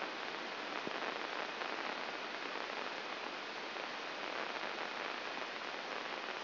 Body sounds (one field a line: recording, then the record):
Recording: brain microelectrode recording played as sound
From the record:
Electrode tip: inside the subthalamic nucleus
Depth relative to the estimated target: 0 mm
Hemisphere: left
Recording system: AlphaMap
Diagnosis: Parkinson's disease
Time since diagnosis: 19 years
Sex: male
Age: 59 years